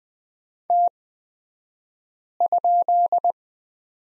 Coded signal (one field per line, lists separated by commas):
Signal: Morse code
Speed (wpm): 20 wpm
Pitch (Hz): 700 Hz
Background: none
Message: T?